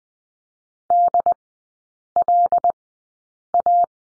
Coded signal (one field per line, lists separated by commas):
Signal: Morse code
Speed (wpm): 20 wpm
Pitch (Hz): 700 Hz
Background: none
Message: DLA